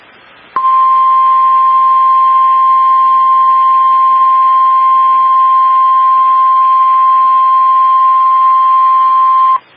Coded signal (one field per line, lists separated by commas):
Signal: Emergency Alert System (SAME) tones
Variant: 1050 Hz attention tone